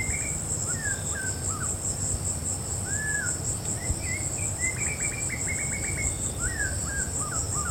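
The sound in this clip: Snowy-crowned robin-chat giving rich, slurred whistled phrases, some rising and some falling, in loose bursts, over a steady high insect drone and low background rumble.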